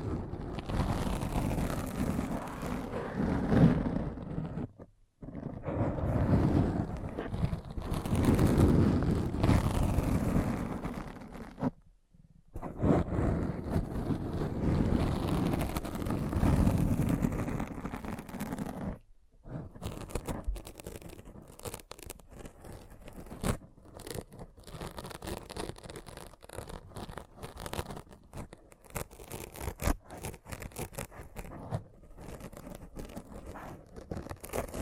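Dense scratching sounds come in long rough runs with short silent breaks near 5, 12 and 19 seconds. After that the scratching turns choppy and quieter, a fast stutter of short scrapes and rustles that continues to the end.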